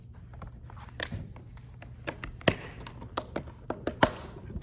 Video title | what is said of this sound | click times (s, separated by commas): Lenovo Yoga 11e Gen 5 Reassemble Laptop | gonna hear snapping, popping. | 2.5 s, 3.2 s, 4.0 s